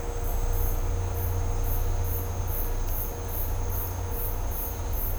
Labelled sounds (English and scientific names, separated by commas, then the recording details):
none
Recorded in dense forest near Puerto Asís, Putumayo, Colombia, on 20 December 2024 at 11:00
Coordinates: 0.503, -76.323
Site G043